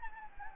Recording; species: mosquito wingbeat signal from an infrared sensor; Anopheles gambiae